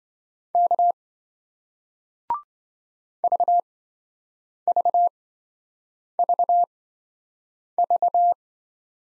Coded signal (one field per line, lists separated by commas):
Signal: Morse code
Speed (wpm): 28 wpm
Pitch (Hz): 700 Hz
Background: none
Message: K VVVV